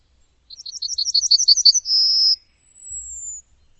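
Bird song, a rattling run of bright high notes ending in a steady buzz, followed after a brief gap by a faint, thin, falling whistle.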